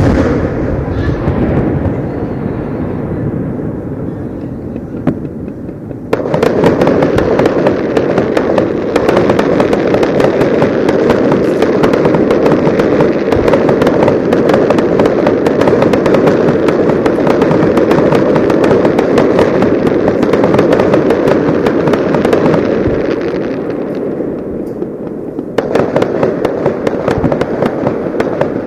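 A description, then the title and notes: Fireworks over open water sound as a dense, continuous rumble of booms and crackles, with rapid sharp pops layered on top. The din swells louder around six seconds, stays thick until about twenty-five seconds, eases briefly, then surges again. Faint voices may sit underneath. Fireworks Audio From Tuttle Lake. I was at a family cottage at Tuttle Lake in Wisconsin. Each 4th of July weekend, there is a sizable private fireworks display put on by some cottage owners at the lake. Sounds of fireworks over open water. In this audio you can hear the lingering echos of the explosions.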